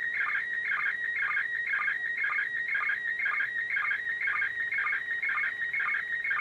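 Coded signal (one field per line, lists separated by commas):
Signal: SSTV (slow-scan television)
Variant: PD120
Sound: warbling, chirping tone repeating about twice a second with short low sync blips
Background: radio static, faint hum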